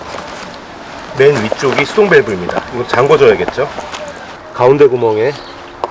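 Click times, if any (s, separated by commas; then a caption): none. Someone talks while handling a rechargeable battery pack to be inserted into the center hole of an air tent's built-in auto pump, after the manual valves are closed. Two brief sharp sounds occur near 5.8 and 5.9 seconds at the very end, but the battery has not yet seated or clicked into the pump slot.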